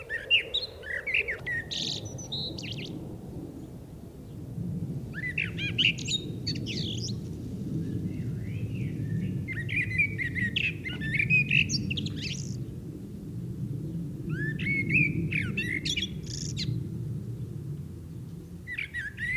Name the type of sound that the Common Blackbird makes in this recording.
song